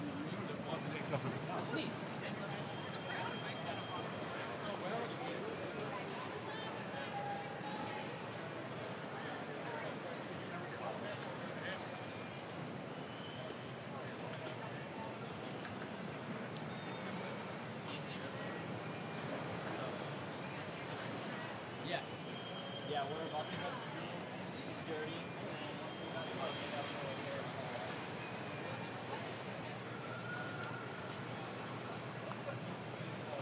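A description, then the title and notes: Busy airport ambience in Denver, with a dense, steady wash of many overlapping voices and rolling bag wheels. Brief tonal beeps and chimes surface now and then, and a few sharper knocks stand out around the twenty-two second mark. Ambience from Denver International airport, including rolling bags, security clearance, checkins, beeping sounds and the sounds of lots of passengers making for a very busy soundscape. Recorded by Marcel Gnauk. The chaos of an airport, Denver.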